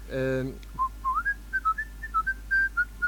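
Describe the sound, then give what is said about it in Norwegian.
After a brief, buzzy low tone giving the note A, someone whistles the first part of a two-part tune: about a dozen short, clear notes that hop up and down in pitch, fairly soft and steady in rhythm. “poenget må jo være at de plystrer første og andre stemmen samtidig, ikke sant?”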